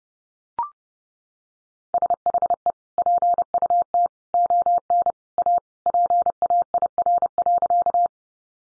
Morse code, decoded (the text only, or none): SHE PUT ON A PAIR.